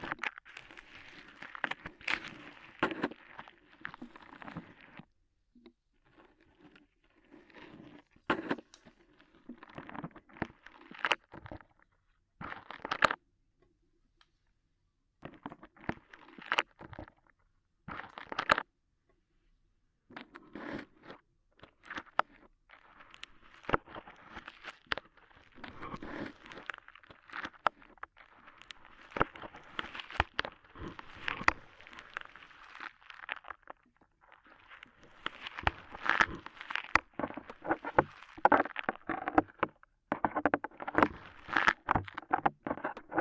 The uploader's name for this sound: Tingly Ear Cleaning Rhinestone & Clay Removal